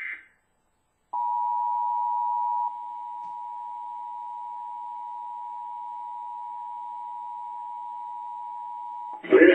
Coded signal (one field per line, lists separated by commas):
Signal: Emergency Alert System (SAME) tones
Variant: 853 and 960 Hz attention tone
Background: speech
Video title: Required Monthly Test #2 - 07/05/17 (EAS #1,420)